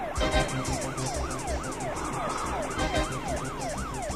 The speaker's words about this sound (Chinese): 你说后面的警车不是冲着我们来的吧？ 我猜那辆警车上有沈西，还有八零三。